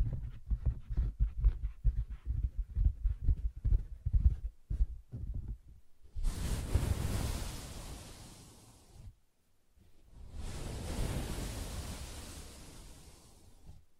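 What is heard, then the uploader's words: Soft, muffled taps on a fabric surface fill the first six seconds, quick and uneven with a dull low thump. Then come two longer scratching passes, one from about six to nine seconds and another from ten to fourteen, brushing and hissing as they slowly fade. ASMR Soft Fabric Surface Tapping & Scratching (No Talking).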